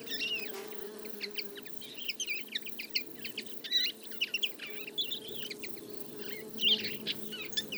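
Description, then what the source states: Common Linnet flock twittering: dense run of quick chirps and trills from several birds, near-continuous, with a steady low hum beneath. Flock of about fifty feeding in a field, late summer; calls, flights and autumn babbling; recorded for an hour with a single-microphone parabola.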